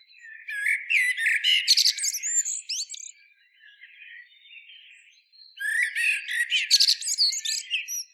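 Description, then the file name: Common blackbird song: a loud tangle of squeaky twitters and thin high notes, a quieter scratchy stretch, then another vigorous twittering phrase. "Turdus merula"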